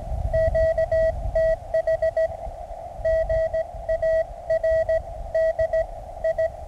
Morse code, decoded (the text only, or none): QTH GARDI